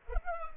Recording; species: mosquito wingbeat signal from an infrared sensor; Culex pipiens